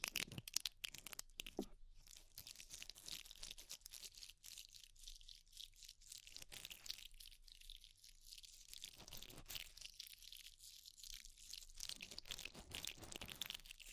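Ear cleaning sounds made of dense, crackly scraping and crinkling, bright and hissy, with a few sharp taps in the first two seconds. After that the texture runs on steadily in overlapping bursts that thin out now and then, with a faint low rumble underneath.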